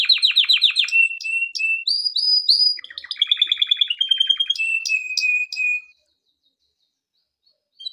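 Canary song: fast rattling trills, then sustained whistled notes and buzzy rolling tours in quick succession, then silence and a brief final chirp.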